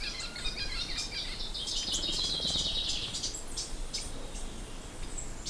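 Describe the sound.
Bird chirps, faint and scattered: short high notes and a brief thin whistle over steady background hiss.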